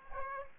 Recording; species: mosquito wingbeat signal from an infrared sensor; Aedes aegypti